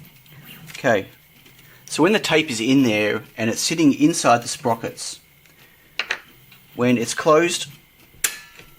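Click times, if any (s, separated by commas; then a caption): 8.2 s. Someone talks while component tape sits in the sprockets of a pick-and-place tape feeder, and the feeder's hinged cover is closed and pressed down onto the feeder body. A sharp snap at 8.3 s marks the cover locking in place, and a brief click is also heard near 6.0 s.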